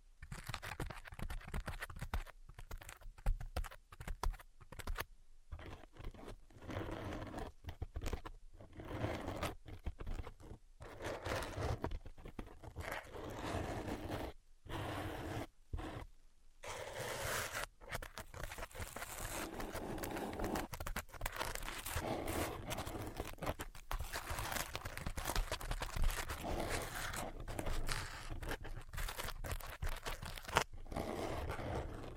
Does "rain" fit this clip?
no